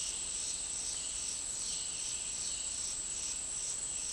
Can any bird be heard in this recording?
no